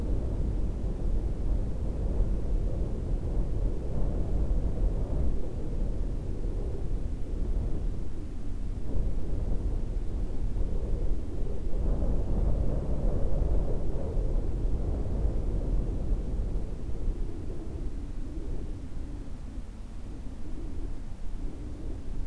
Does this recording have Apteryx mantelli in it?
no